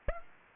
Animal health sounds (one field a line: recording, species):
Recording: mosquito wingbeat signal from an infrared sensor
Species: Aedes aegypti